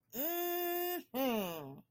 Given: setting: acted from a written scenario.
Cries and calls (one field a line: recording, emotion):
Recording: vocal sound without words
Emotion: pride